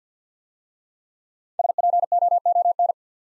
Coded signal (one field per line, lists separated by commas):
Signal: Morse code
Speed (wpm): 52 wpm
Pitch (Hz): 700 Hz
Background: none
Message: SPOON